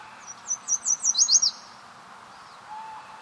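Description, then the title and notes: Yellow warbler song: one quick, high phrase of sweet, slurred notes that speeds up and grows louder before a sharp ending, over a faint steady background hum. Singing repeatedly while foraging in a salmonberry thicket along a street in Sitka, early morning, 24 May 2010; uncommon there; Dendroica petechia. "This Yellow Warbler (Dendroica petechia) was singing repeatedly while foraging in a salmonberry thicket along Lincoln Street early in the morning on 24 May 2010."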